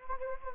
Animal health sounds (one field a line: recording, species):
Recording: mosquito wingbeat signal from an infrared sensor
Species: Anopheles gambiae